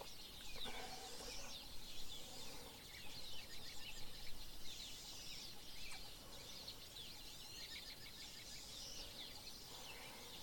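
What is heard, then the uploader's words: Birdsong chirps and twitters high and dense throughout, several birds overlapping, over a steady low outdoor rumble with occasional sharp clicks. Bird Song with Tea. This morning I spent some time outside having some tea.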